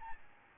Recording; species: mosquito wingbeat signal from an infrared sensor; Aedes albopictus